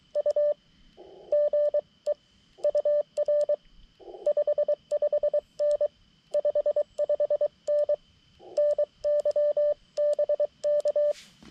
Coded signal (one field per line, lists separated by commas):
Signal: Morse code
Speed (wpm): 23 wpm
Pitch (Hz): 590 Hz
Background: none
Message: U GE UR 55N 55N NYBK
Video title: People Suck! CW POTA at US-5221